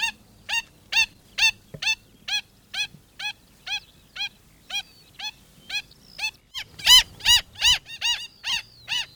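Black stilt calls, a steady series of sharp, harmonic yapping notes about two or three per second, with a few louder notes near the end.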